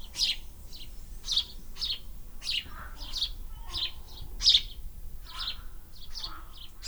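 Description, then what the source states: Swallow calls: a busy stream of bright chirps. Nest in an air vent.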